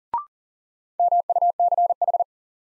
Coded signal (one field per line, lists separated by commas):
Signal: Morse code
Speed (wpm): 40 wpm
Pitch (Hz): 700 Hz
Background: none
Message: MUCH